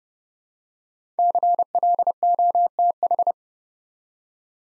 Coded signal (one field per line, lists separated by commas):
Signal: Morse code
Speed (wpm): 30 wpm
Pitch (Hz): 700 Hz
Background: none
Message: CLOTH